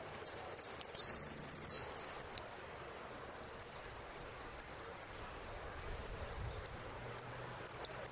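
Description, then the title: Saffron finch song: a burst of bright, sweeping high notes for about two seconds, followed by single sharp chips at irregular intervals. "Jilguero Argentino"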